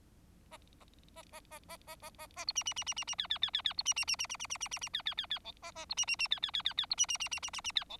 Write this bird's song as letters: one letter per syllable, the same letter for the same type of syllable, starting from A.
A A A A A A A A A A B C C C C C C D D D D D B C C C C C C C C C C D D D D E A A B C C C D D D D D B C C C C C C C D E